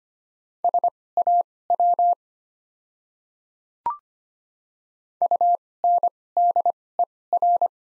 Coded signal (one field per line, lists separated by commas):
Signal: Morse code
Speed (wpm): 25 wpm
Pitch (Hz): 700 Hz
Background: none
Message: SAW UNDER